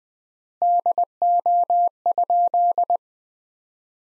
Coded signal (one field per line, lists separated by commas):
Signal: Morse code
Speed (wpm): 20 wpm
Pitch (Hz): 700 Hz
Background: none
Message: DO?